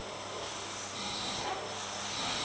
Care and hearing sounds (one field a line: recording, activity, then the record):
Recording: daily activity, microphone in the room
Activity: vacuum cleaning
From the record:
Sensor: 3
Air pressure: 1009.5 hPa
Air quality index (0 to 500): 196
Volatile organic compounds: 16 ppm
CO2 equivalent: 2548 ppm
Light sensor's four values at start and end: 35/88/38/40 and 35/88/38/40